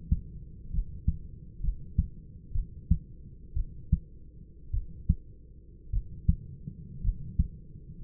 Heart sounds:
heart sounds by stethoscope; 58 bpm
0.71 s: heartbeat
1.61 s: heartbeat
2.53 s: heartbeat
3.54 s: heartbeat
4.72 s: heartbeat
5.91 s: heartbeat
7.02 s: heartbeat
8.01 s: heartbeat
From the record:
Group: healthy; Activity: rest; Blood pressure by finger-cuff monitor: 124/58 mmHg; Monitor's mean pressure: 79 mmHg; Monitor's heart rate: 59 bpm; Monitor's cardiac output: 6 L/min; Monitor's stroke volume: 105 mL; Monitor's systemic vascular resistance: 930 dyn s/cm5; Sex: male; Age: 25 years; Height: 170 cm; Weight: 70.4 kg

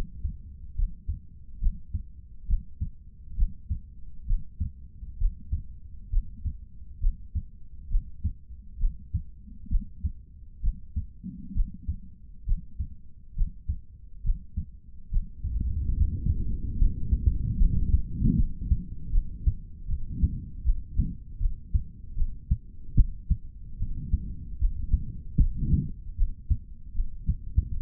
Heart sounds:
heart sounds by stethoscope; 71 bpm
0.75 s: heartbeat
1.59 s: heartbeat
2.46 s: heartbeat
3.35 s: heartbeat
4.26 s: heartbeat
5.17 s: heartbeat
6.10 s: heartbeat
6.99 s: heartbeat
7.88 s: heartbeat
8.78 s: heartbeat
9.68 s: heartbeat
10.61 s: heartbeat
11.53 s: heartbeat
12.45 s: heartbeat
13.34 s: heartbeat
14.22 s: heartbeat
15.10 s: heartbeat
15.96 s: heartbeat
16.77 s: heartbeat
17.58 s: heartbeat
18.35 s: heartbeat
19.11 s: heartbeat
19.87 s: heartbeat
20.63 s: heartbeat
21.39 s: heartbeat
22.15 s: heartbeat
22.95 s: heartbeat
23.78 s: heartbeat
24.59 s: heartbeat
25.37 s: heartbeat
26.16 s: heartbeat
26.94 s: heartbeat
27.69 s: heartbeat
From the record:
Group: healthy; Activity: Valsalva maneuver 0-15 s, rest 15-28 s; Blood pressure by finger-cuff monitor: 95/60 mmHg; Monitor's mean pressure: 73 mmHg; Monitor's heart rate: 72 bpm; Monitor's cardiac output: 3.6 L/min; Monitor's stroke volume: 54 mL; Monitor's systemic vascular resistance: 1450 dyn s/cm5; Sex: male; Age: 55 years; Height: 167 cm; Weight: 57.2 kg

